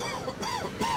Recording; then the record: coughing mixed with background sound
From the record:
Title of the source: Dry Coughing Fit in the Afternoon.